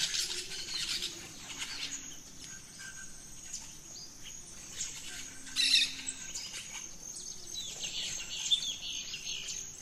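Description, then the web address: Scattered bird chirps and short whistled notes, rising to a louder burst midway, above a continuous high-pitched insect hum. Dawn chorus in rainforest at Gran Sabana, Venezuela. "naturescapes Birds in the Rainforest 03 Dawn Venezuela Gran Sabana"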